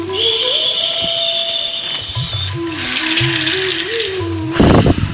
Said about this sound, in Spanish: Y sopla el viento.